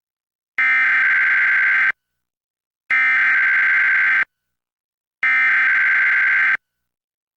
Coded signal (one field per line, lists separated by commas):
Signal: Emergency Alert System (SAME) tones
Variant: header bursts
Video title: EAS #1066-1067: 2 EAS Required Monthly Tests- Mar. 5, 2025- 10:14AM PST